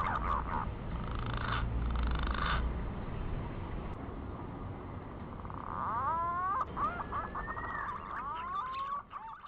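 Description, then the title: Quiet green pigeon whistles: a few notes early, then rising sliding glides and wavering whistled phrases over persistent low background hiss. Lure call used to attract green pigeons. "Pikat Burung Punai"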